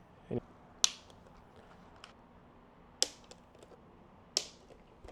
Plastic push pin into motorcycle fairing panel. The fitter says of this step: and then you'll go until you hear a click.